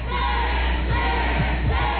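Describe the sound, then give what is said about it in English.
A crowd of protesters heckling a speaker during his speech yells and chants in a steady, dense roar of many voices, with no single speaker standing out above the continuous shouting. “What are they yelling?”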